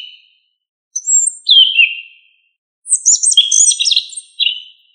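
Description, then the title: Thrush delivering varied melodious phrases: a downslurred whistle, then a dense burst of mixed warbling and trilled notes, each phrase followed by silence. "Familia Turdidae - Sabia"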